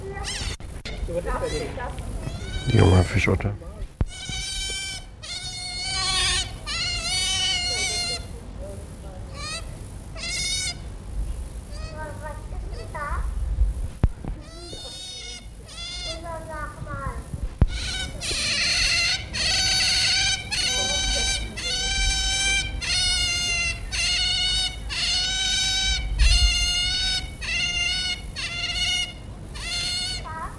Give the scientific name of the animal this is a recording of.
Lutra lutra